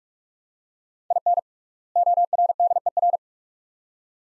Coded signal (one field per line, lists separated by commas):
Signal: Morse code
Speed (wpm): 46 wpm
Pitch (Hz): 700 Hz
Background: none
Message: IN ORDER